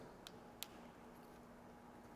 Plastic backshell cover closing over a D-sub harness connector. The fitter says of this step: and you'll hear it snap shut. There's a little snap on the side right here,